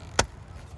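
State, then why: Seated. A plastic wiring harness connector is pushed back onto the mass air flow (MAF) sensor on the second side of a G35. It gives one sharp click at 0.2 s against a low background hum, and the connector is confirmed seated and good.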